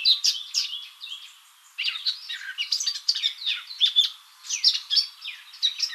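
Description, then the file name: Eurasian blackcap song, a busy scratchy warbling of mixed chirps and slurred notes, pausing briefly near the second mark before resuming in dense bursts. "Sylvia atricapilla"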